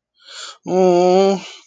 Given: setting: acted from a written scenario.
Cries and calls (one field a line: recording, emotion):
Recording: vocal sound without words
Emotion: distress